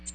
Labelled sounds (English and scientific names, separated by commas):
American Redstart (Setophaga ruticilla) flight call